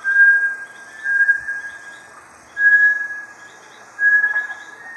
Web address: Bartlett's tinamou. دانلود-صدای-پرنده-وشم-بارتلت